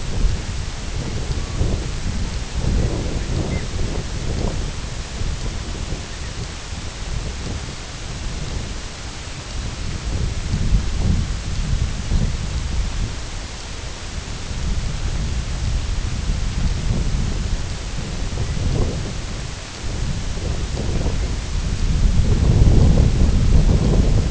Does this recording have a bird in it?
yes